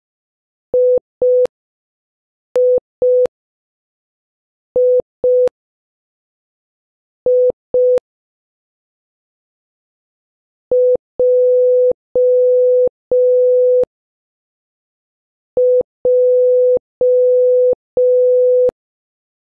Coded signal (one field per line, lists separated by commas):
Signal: Morse code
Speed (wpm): 5 wpm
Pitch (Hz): 500 Hz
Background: none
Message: IIII JJ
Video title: 4. Practice Morse Code Letters with Sound - H to N (Increasing speed)